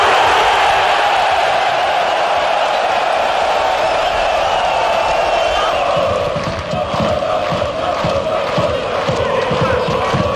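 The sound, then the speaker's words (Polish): A stadium crowd of 7,107 in Riga, over half from Poland, roars after Robert Lewandowski's hat-trick against Latvia, a dense wash of cheering and shouting that stays loud throughout, with rhythmic clapping and chanting pulses emerging in the second half. “Siedem tysięcy 107 widzów, w tym ponad połowa z Polski, mogła oklaskiwać szóstego w kadrze hat-tryka kapitana”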